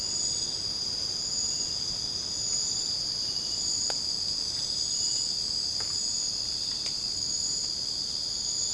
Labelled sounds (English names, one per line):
none